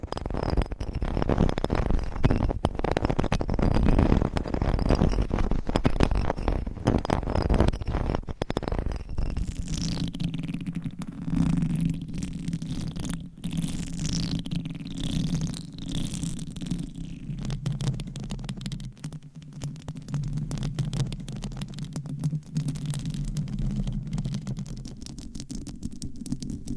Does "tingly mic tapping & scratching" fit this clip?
yes